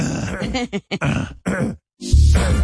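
A man with phlegm clears his throat in a string of rough, guttural bursts with short pauses between, ending in a harsher, louder, low rasping clear.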